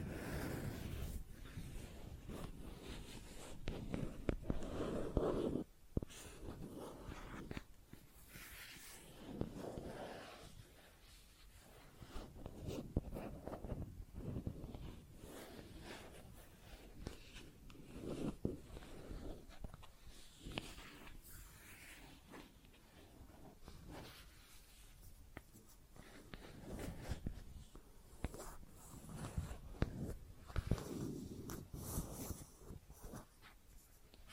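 Plastic objects are tapped and scratched in an uneven, busy stream, with short clicks scattered among rougher, rasping scrapes. The sound stays dense throughout, its low, thuddy body swelling in bursts, loudest near the start around five seconds and again near thirty.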